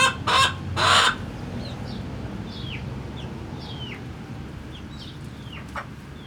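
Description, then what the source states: Chicken chicks peeping: two loud broad noise bursts at the start, then a series of high downward-slurred cheeps spaced irregularly. Hens and chicks in the henhouse of the Atelier 34zero museum garden, Jette, Brussels, Belgium; recorded with DPA 4060 microphones in AB position into a Zoom F3.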